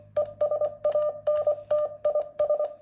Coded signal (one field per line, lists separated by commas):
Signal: Morse code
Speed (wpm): 24 wpm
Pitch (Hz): 600 Hz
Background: none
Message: ES ANT IS